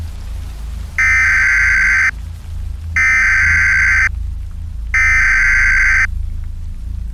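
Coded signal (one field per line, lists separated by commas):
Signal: Emergency Alert System (SAME) tones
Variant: header bursts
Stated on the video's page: Fictional weather-horror EAS scenario, with tones stated to be valid.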